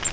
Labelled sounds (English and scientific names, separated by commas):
Grace's Warbler (Setophaga graciae) flight call